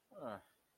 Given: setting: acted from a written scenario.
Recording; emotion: vocal sound without words; neutral